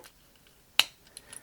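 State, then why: Seated. The plastic roof section of a transforming toy vehicle from the 6-in-1 King Bianzhanshen set is snapped onto its body, with a loud, sharp plastic click at 0.8 s showing the roof has seated in place. Faint handling sounds come before it, and a couple of smaller plastic ticks follow around 1.2 s and 1.4 s.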